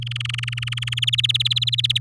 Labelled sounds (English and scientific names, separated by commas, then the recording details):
Domestic Canary (Serinus canaria) song
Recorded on 7 May 2018 at 06:28
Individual llb16